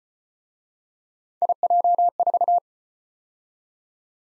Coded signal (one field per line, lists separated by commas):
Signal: Morse code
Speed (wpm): 33 wpm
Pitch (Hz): 700 Hz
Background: none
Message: IJ4